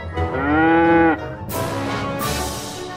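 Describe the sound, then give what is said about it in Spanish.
A single long, loud cow moo with a rich harmonic drone that slides slightly in pitch, followed by a breathy, noisy rumble with hissy bursts; no talking. “Sin duda alguna es una vaca rarísima, muy rara.”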